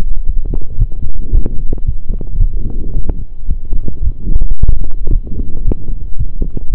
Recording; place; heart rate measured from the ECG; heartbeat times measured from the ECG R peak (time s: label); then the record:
heart sounds by stethoscope; between the tricuspid and mitral areas; 112 bpm
0.27 s: heartbeat
0.79 s: heartbeat
1.33 s: heartbeat
1.87 s: heartbeat
2.41 s: heartbeat
2.95 s: heartbeat
3.48 s: heartbeat
4.03 s: heartbeat
4.57 s: heartbeat
5.12 s: heartbeat
5.66 s: heartbeat
6.19 s: heartbeat
6.72 s: heartbeat
From the record:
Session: pedaling a stationary bicycle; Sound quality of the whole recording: saturated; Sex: male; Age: 23 years